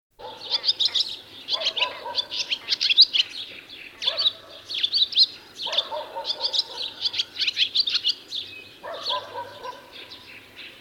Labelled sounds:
Barn Swallow song
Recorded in the wild
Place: Lütow, Insel Usedom, Mecklenburg-Vorpommern, DE
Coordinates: 54.032, 13.888
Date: 1975-06-13 13:15
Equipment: Nagra III BH, Sennheiser MD 21, parabola
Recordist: Schubert, Michael

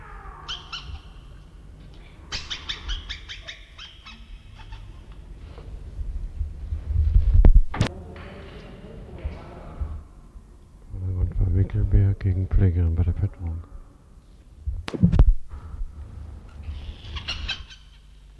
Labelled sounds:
Kinkajou call
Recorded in captivity
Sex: female
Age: adult
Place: Zoo Halle, Sachsen-Anhalt, DE
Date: 1977-09-06 13:00
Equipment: Nagra SN, Kopie Uher Variocord
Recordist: Tembrock, Günter
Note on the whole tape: Laute eines Weibchens gegenüber Pflegerin während der Fütterung. Abstand ca. 1 m

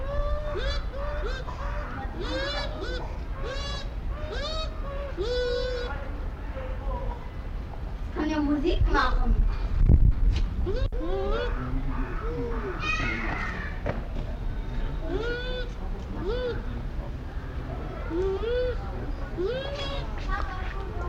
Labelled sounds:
Bush Dog
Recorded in captivity
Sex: pair
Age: adult
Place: Zoo Berlin, Berlin, DE
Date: 1994-08-27 13:27
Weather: heiter, 15-20°C
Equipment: Marantz CP 430, Sennheiser ME 80, Kopie Uher Variocord 263
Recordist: Tembrock, Günter
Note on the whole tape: Paar, umherlaufend (bevor der Pfleger kam), Weibchen vor Innentür: Rufreihen, davor helle Laute, auch höhere Lautstärke - längere Stücke, diverse Lautformen, Lautfolge meist Männchen, Weibchen. Entfernung 50cm - 5m

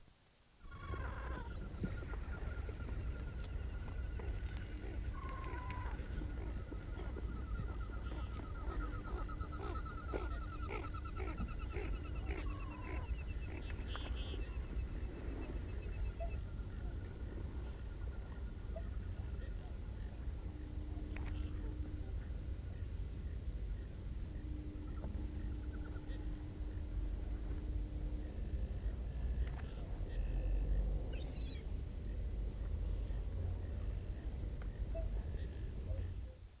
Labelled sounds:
Tufted Duck call
Common Goldeneye call
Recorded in the wild
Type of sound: call
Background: Bucephala clangula
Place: Ralswieker Forst, Insel Rügen, Mecklenburg-Vorpommern, DE
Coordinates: 54.48, 13.48
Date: 1969-04-06
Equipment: Nagra III BH, Sennheiser MD 21, parabola
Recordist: Schubert, Michael
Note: Steilufer Ralswieker Forst: Reihere. u. Schellenten im Überflug, Hintergrd. Großmöwen

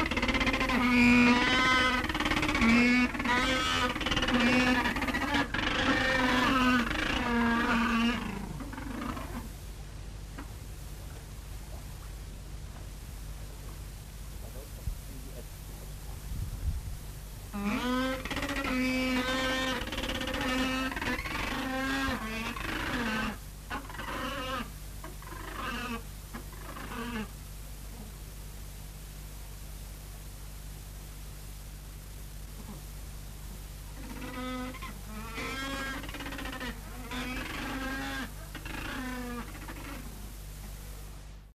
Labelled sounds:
Macaroni Penguin duetting
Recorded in captivity
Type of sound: duetting
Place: Zoo Hannover, Niedersachsen, DE
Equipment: Halbspur, 9,5 cm/s
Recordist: Lütgens, Hans
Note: Duett

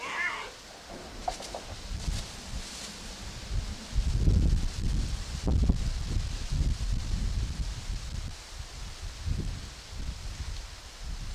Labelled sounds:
Puma call
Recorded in captivity
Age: diverse
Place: Wildlife Park Shubenacadie, Nova Scotia, CA
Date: 1991-10-10 13:26
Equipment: Sony WM-D6C, Sony ECM-939 LT (Stereo), Kopie Uher 4400 IC
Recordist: Frommolt, Karl-Heinz

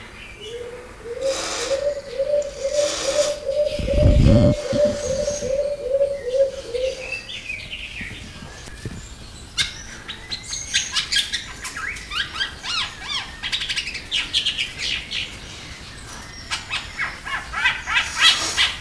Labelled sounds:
Beautiful Fruit Dove
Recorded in captivity
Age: adult
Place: Zoo Berlin, Berlin, DE
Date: 2000-04-04 12:46
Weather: cloudy, ca. 13°C
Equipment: Nagra SN, Kopie Uher 4000 Report Monitor
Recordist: Tembrock, Günter

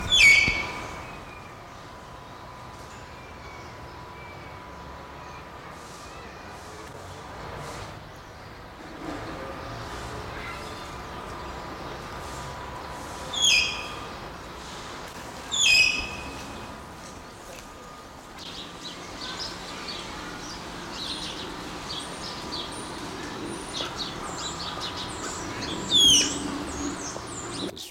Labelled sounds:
Malayan Tapir call
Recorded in captivity
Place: Zoo Berlin, Berlin, DE
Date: 1992-10-24 11:14
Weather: bedeckt, 4-6°C
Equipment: Marantz CP 430, Sennheiser ME 80, Kopie Tesla B 116
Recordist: Tembrock, Günter

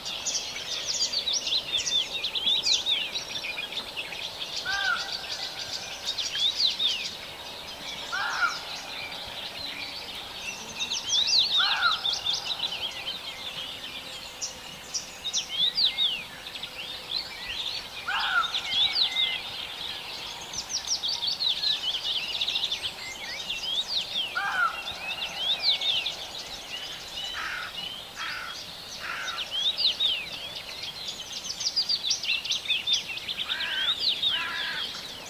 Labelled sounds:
Common Rosefinch
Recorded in the wild
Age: adult
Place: Hörfeld, AT
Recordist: Brunner, Thomas

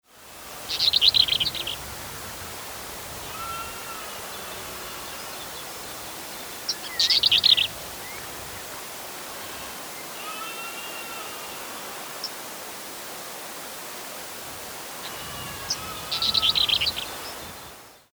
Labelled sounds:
Western Black-eared Wheatear
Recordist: Frommolt, Karl-Heinz
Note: Gesang

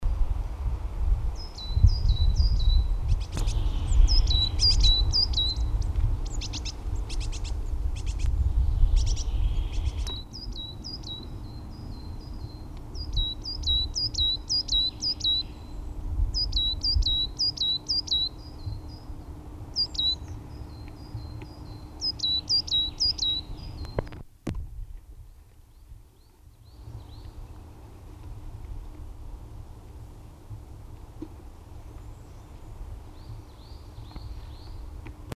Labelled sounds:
Coal Tit song
Great Tit
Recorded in the wild
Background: Parus major
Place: Karlstal, Rheinland-Pfalz, DE
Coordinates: 49.3511, 7.75639
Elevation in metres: 350
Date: 1972-03-24
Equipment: Uher 4000
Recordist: Tretzel, Erwin
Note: Exkursion Karlstal, Kaiserslautern: Gesang "zitü"

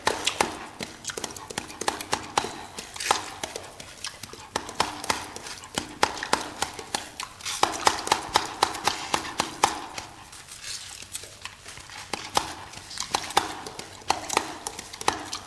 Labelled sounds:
Chimpanzee call
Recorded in captivity
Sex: male
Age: adult
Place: Zoo Rostock, Mecklenburg-Vorpommern, DE
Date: 1984-02-03 11:00
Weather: bedeckt, 3-5°C
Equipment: Nagra SN, Kopie Uher 4000 Report Monitor
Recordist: Tembrock, Günter

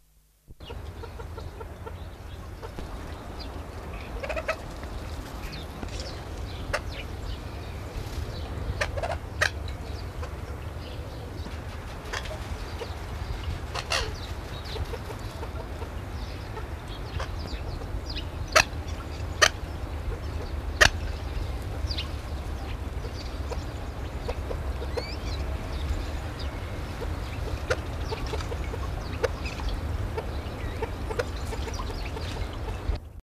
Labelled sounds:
Grey Partridge call
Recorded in captivity
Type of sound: call
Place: Ruhr-Zoo Gelsenkirchen, Nordrhein-Westfalen, DE
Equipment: Halbspur, 9,5 cm/s
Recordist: Lütgens, Hans
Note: Hahn mit Reihen, Weibchen mit Kurzlauten

